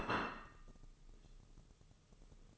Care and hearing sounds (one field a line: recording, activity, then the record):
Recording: daily activity, microphone in the room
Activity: place plate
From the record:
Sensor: 4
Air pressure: 996.0 hPa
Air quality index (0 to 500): 63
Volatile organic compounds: 2 ppm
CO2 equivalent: 1131 ppm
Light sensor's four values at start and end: 13/37/13/14 and 13/37/13/14